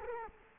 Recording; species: mosquito wingbeat signal from an infrared sensor; Culex quinquefasciatus